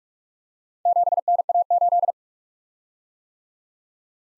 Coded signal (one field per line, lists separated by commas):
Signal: Morse code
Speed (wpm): 51 wpm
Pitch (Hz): 700 Hz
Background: none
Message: 7NA8